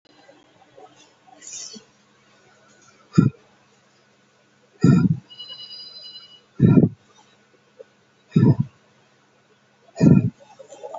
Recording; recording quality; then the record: deep breathing; excellent, no background noise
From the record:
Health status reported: COVID-19 positive, mild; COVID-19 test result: positive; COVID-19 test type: RT-PCR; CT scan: not taken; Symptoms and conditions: cough, fatigue, diarrhoea, hypertension, diabetes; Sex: male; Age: 66 years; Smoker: no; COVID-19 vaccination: both doses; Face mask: not worn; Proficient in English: yes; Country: India